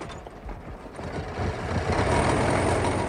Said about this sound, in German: Der Motor läuft, Professor. Ausgezeichnet, mein lieber Hedge. Nehmen Sie Ihren Platz hinter dem Steuer ein und geben Sie Gas.